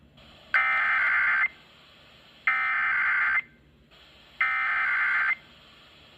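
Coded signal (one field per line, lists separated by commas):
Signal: Emergency Alert System (SAME) tones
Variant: header bursts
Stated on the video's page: San Diego EAS test.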